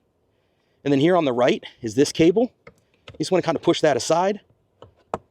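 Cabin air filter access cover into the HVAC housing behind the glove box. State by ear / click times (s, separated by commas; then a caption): seated / 5.1 s. Someone talks while pushing the plastic cabin air filter access cover home into the HVAC housing behind the glove box of a Ford F-150 Lightning, after fitting a new cabin air filter. A faint tap comes at 4.8 s, then a sharp click at 5.1 s as the cover snaps into place and is seated.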